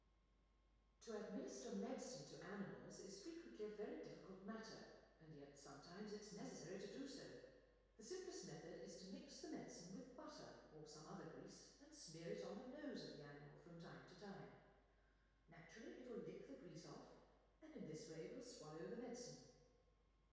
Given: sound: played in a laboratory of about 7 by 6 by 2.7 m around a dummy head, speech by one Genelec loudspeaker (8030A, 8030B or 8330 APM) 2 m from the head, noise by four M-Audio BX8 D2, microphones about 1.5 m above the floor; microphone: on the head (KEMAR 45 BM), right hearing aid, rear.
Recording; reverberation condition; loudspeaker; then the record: female speech in English; high; 60 degrees to the left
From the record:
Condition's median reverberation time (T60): about 1300 ms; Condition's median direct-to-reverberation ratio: about -4.0 dB